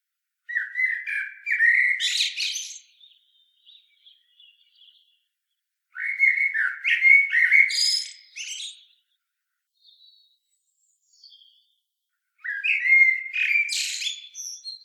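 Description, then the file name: Common blackbird delivering three warbled phrases about six seconds apart. Each starts low and mellow and ends in high squeaky twitters, with faint soft notes between. "Turdus merula"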